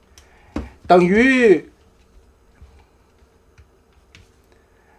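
Two sharp clicks at 0.2 s and 0.6 s as two plastic clasp tabs lock together during the transformation of a plastic Transformers robot figure, and the armor clasps snap locked. Someone talks briefly between about 0.9 and 1.7 s, followed by a few faint ticks.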